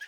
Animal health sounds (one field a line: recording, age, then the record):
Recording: pig call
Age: piglet (1 to 25 days)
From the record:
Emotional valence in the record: positive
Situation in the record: reunion after long isolation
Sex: male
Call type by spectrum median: low-frequency call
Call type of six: low-frequency tonal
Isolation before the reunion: 8 minutes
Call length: 0.08 s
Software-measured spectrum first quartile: 1683 Hz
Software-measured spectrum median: 1922 Hz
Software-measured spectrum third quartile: 3700 Hz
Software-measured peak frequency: 1670 Hz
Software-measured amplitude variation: 129 dB a second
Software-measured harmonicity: 7.6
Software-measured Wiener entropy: -2.57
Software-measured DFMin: 797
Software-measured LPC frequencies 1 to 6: 1680, 2653, 3246, 4058, 4986, 5709 Hz